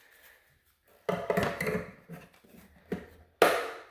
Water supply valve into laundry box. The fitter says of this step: the valve on give it a spin until you hear the click